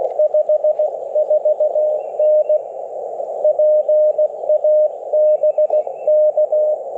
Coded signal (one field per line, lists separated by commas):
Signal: Morse code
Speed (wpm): 18 wpm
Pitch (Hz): 600 Hz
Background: radio noise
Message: 54N PA BK